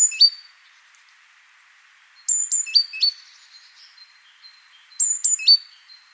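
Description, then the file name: Great tit song: short phrases of high thin notes followed by lower notes, repeated with quiet gaps. "Parus major"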